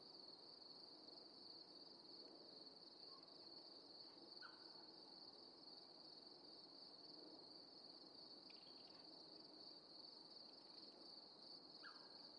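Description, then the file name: Crickets trilling in a steady, unbroken high-pitched drone, with a few faint short calls from other animals scattered over a soft background hiss. Quiet summer night, steady close crickets with other animal calls. "Quiet Summer Night Tone With Steady Close Crickets And Other Animal Calls"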